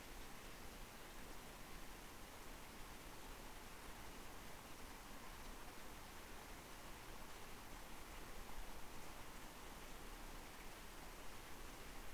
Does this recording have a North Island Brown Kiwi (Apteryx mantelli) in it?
no